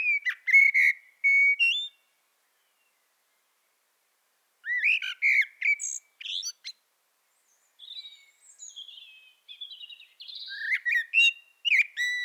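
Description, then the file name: Eurasian blackbird singing: low, mellow fluted warbles, each phrase ending in thin, squeaky high twitters, delivered in three bursts separated by pauses. "Turdus merula"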